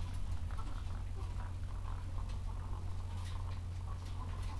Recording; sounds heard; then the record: poultry house recording; sick chickens (respiratory disease)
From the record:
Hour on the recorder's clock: 13